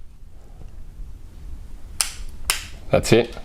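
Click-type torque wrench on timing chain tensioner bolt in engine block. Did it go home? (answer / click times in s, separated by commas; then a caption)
yes / 2.0 s, 2.5 s. A click-type torque wrench set to about 11 Nm tightens the timing chain tensioner bolt in a Hyundai Sonata engine block while someone talks. Sharp, snap-like clicks ring out at 2.0 s and 2.5 s as the wrench reaches its setting, and tightening stops there.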